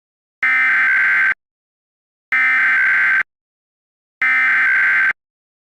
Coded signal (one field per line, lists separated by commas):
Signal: Emergency Alert System (SAME) tones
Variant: header bursts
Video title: EAS Scenario 2: Transfur Infection (collab with VES2446)